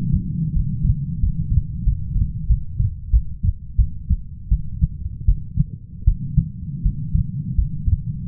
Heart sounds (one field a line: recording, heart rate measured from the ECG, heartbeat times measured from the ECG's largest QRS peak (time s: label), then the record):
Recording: heart sounds by stethoscope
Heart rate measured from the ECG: 86 bpm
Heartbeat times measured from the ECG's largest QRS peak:
0.54 s: heartbeat
1.21 s: heartbeat
1.85 s: heartbeat
2.48 s: heartbeat
3.12 s: heartbeat
3.77 s: heartbeat
4.50 s: heartbeat
5.26 s: heartbeat
6.06 s: heartbeat
6.83 s: heartbeat
7.56 s: heartbeat
8.25 s: heartbeat
From the record:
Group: healthy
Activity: rest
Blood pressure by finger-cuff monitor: 151/69 mmHg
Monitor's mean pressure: 92 mmHg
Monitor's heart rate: 82 bpm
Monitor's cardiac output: 8 L/min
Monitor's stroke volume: 98 mL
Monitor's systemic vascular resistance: 840 dyn s/cm5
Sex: female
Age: 37 years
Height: 168 cm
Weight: 70 kg